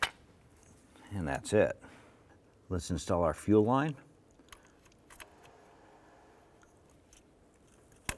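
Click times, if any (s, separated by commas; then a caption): 8.1 s. Someone talks, then a fuel line quick-connect fitting is worked onto the fuel rail of a 2011-2018 Ram during an intake gasket replacement, making a few faint ticks and rattles. A sharp click at 8.1 s marks the connector seating on the rail.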